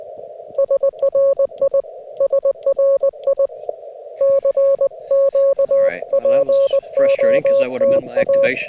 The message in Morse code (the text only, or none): SRI SRI CQ POTA